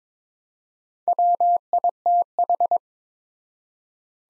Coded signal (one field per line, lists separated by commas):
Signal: Morse code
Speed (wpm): 22 wpm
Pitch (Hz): 700 Hz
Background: none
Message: WITH